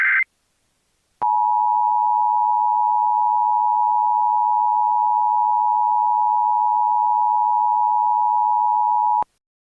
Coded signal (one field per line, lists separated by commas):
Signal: Emergency Alert System (SAME) tones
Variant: 853 and 960 Hz attention tone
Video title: EAS Scenario: Gabriel.EXE's Rampage/REMASTERED